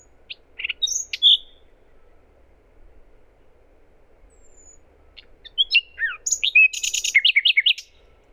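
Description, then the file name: Common nightingale song with a few sweet chirps, a long pause, then a complex phrase ending in a rapid repeated series of loud notes. "Luscinia megarhynchos"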